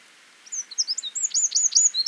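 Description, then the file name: Eurasian wren song: a quick tumble of very high whistled notes and sharp downward-sweeping chips, delivered energetically without pause. "Troglodytes troglodytes"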